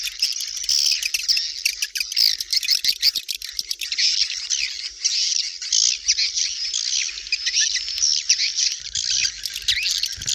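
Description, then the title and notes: Swiftlet calls: a busy, high twittering chorus of overlapping chirps and squeaky notes running without pause. Asia; sound used in swiftlet farming to attract birds. "Swiflet Bird Sound. Farming Swiflet Bird asia sound"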